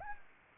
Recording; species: mosquito wingbeat signal from an infrared sensor; Anopheles arabiensis